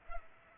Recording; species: mosquito wingbeat signal from an infrared sensor; Culex pipiens